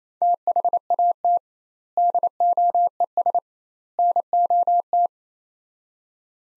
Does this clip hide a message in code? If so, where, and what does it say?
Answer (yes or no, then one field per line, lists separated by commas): yes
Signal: Morse code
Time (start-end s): 0.2-5.1 s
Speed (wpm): 28 wpm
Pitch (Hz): 700 Hz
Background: none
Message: THAT DOES NOT